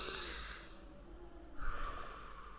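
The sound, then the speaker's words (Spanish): Two loud, drawn-out breaths forced through the nose during a relaxation exercise, a hissing rush of air followed after a short pause by another snorting exhale, with no talking. “¿Tú has respirado así?”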